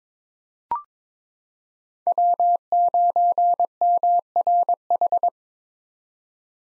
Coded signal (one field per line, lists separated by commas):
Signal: Morse code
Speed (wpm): 22 wpm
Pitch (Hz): 700 Hz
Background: none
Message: W9MRH